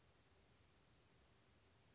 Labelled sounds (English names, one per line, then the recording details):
Western Flycatcher
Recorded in Sonoma County, California